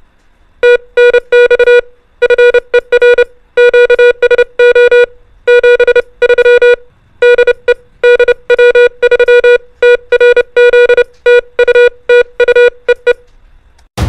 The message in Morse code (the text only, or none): TNX FER QSO 73 DE DW3TRZ TU TU EE